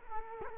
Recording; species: mosquito wingbeat signal from an infrared sensor; Culex quinquefasciatus